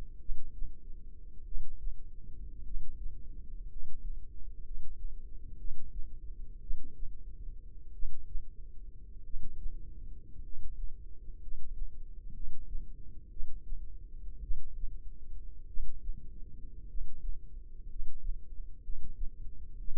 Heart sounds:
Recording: heart sounds by microphone in the left ear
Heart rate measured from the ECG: 55 bpm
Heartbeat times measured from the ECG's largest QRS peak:
0.17 s: heartbeat
1.43 s: heartbeat
2.62 s: heartbeat
3.66 s: heartbeat
4.61 s: heartbeat
5.55 s: heartbeat
6.58 s: heartbeat
7.91 s: heartbeat
9.21 s: heartbeat
10.40 s: heartbeat
11.38 s: heartbeat
12.31 s: heartbeat
13.28 s: heartbeat
14.39 s: heartbeat
15.65 s: heartbeat
16.85 s: heartbeat
17.86 s: heartbeat
18.80 s: heartbeat
19.76 s: heartbeat
From the record:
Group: healthy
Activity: cold pressor test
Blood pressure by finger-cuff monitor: 109/44 mmHg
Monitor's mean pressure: 67 mmHg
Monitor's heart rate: 54 bpm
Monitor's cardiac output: 6.7 L/min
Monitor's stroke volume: 122 mL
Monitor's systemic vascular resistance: 740 dyn s/cm5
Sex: male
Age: 25 years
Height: 170 cm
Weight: 70.4 kg

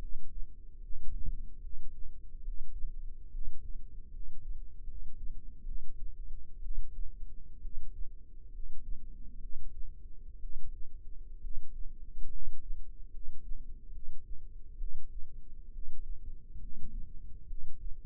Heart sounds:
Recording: heart sounds by microphone in the left ear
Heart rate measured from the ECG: 68 bpm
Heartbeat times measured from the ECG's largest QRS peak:
0.77 s: heartbeat
1.58 s: heartbeat
2.41 s: heartbeat
3.28 s: heartbeat
4.08 s: heartbeat
4.83 s: heartbeat
5.62 s: heartbeat
6.59 s: heartbeat
7.59 s: heartbeat
8.49 s: heartbeat
9.37 s: heartbeat
10.37 s: heartbeat
11.38 s: heartbeat
12.27 s: heartbeat
13.08 s: heartbeat
13.89 s: heartbeat
14.75 s: heartbeat
15.69 s: heartbeat
16.56 s: heartbeat
17.44 s: heartbeat
From the record:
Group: healthy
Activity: rest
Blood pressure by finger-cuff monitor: 104/67 mmHg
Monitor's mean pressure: 76 mmHg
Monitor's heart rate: 69 bpm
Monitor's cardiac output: 7.3 L/min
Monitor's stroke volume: 106 mL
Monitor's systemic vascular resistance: 740 dyn s/cm5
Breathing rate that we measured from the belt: 15 breaths a minute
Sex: male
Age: 22 years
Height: 185 cm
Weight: 112.4 kg

